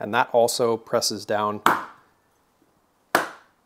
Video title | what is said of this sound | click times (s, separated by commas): THULE Caprock for Rivian - Assembly, Install and Efficiency Test | and Clips in all right then we've got a nut that goes on that threaded piece we added | 3.2 s